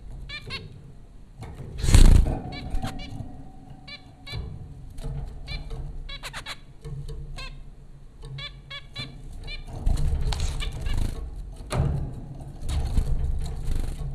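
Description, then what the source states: Zebra finch calls, clusters of short nasal notes between quieter stretches, with loud low thuds and rustling noise at times. Zebra finches at Popcorn School, Flatbush, Brooklyn, New York, April 15, 2009.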